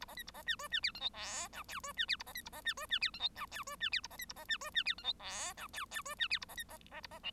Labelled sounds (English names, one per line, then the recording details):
Bengalese Finch song
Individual Bird1